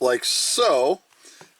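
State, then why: Not seated. Someone talks while handling a bottom plastic track section being slid into the upper section of a 2000 McDonald's Zip Skaters Happy Meal toy playset frame, with faint plastic rubbing and a small tick near the end. Nothing has seated or clicked yet; the piece has not popped into place.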